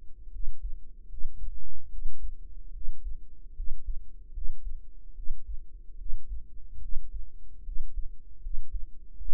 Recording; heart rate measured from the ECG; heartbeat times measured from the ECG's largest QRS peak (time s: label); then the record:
heart sounds by microphone in the right ear; 75 bpm
0.30 s: heartbeat
1.08 s: heartbeat
1.89 s: heartbeat
2.71 s: heartbeat
3.54 s: heartbeat
4.32 s: heartbeat
5.13 s: heartbeat
5.96 s: heartbeat
6.79 s: heartbeat
7.63 s: heartbeat
8.40 s: heartbeat
9.16 s: heartbeat
From the record:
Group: healthy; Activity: rest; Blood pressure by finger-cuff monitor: 93/55 mmHg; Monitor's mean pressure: 68 mmHg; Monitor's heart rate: 74 bpm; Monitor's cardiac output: 6.6 L/min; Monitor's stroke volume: 88 mL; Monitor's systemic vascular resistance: 720 dyn s/cm5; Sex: female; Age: 19 years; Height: 163 cm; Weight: 48.9 kg